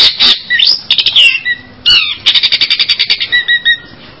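Long-tailed shrike song: a varied, scratchy chatter of high notes with quick slurred whistles, ending in a fast run of short repeated chips.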